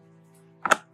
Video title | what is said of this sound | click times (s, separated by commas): Building an Arbor for Mom's Peggy Martin Climbing Rose (Zone 8b) | all right we put the end cap on and it just it literally just snaps into place okay | 0.7 s